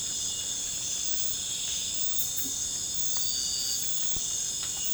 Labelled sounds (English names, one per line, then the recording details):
none
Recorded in pastures near Puerto Asís, Putumayo, Colombia, on 20 December 2024 at 01:30
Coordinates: 0.466, -76.322
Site G040